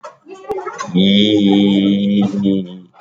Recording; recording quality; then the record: sustained vowel as in beet; excellent, no background noise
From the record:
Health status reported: healthy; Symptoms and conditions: cough, cold, sore throat, fever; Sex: male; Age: 52 years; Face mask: not worn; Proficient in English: yes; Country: India